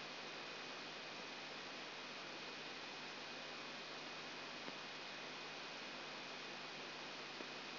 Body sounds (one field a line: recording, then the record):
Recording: brain microelectrode recording played as sound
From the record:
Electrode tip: outside the subthalamic nucleus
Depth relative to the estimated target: -8 mm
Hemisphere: right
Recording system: AlphaMap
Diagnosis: Parkinson's disease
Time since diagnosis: 9 years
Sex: male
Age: 68 years